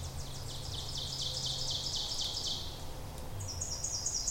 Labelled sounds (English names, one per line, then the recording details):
Ovenbird song
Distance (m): 45 m
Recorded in boreal forest in Alberta, Canada, on 26 May 2016 at 08:26
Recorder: SongMeter 3, array SBT-3-15
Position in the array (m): 36 m, 246 m
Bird 20